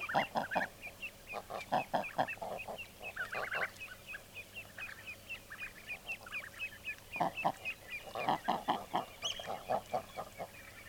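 Common eider calls, short croaking bursts and clucks in irregular clusters, with higher chattering notes running between them.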